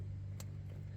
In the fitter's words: you hear that click, that means it's good.